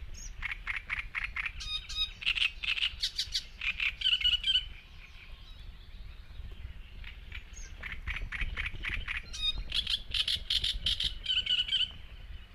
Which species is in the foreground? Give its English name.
Great Reed Warbler